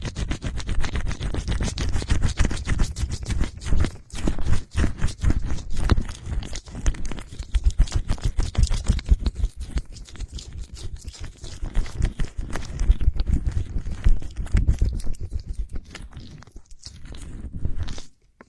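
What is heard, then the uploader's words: Ears are massaged with oil, making a dense, continuous run of wet, crackling rubs and squishes. Heavy low rumbles sit under quick bright clicks that come and go in irregular bursts. Brief pauses fall near 4, 5, 7 and 17 seconds before the rubbing resumes. Ear oil massages the ears.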